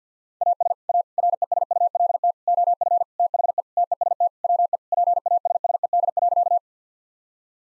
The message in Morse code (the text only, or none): AS A RESULT OF THE TEST WE PASSED.